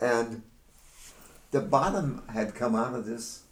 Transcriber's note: none